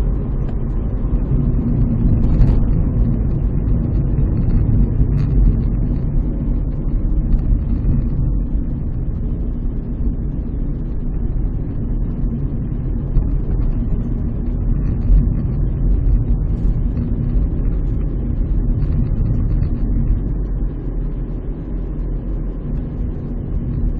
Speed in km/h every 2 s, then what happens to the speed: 45, 41, 39, 29, 31, 30, 32, 32, 30, 28, 31, 30.
0-6 slows to 29. 6-24 steady at about 30.